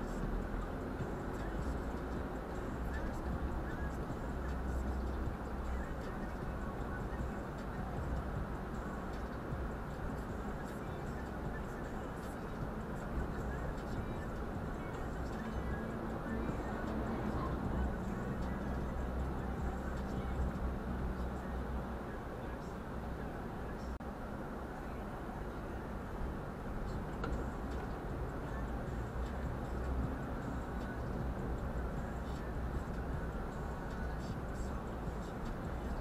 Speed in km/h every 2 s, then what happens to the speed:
23, 24, 23, 23, 23, 24, 23, 25, 28, 29, 28, 25, 22, 23, 23, 24, 25, 25.
0-12 steady at about 23. 12-17 speeds up to 29. 17-24 slows to 22. 24-36 steady at about 23.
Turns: none.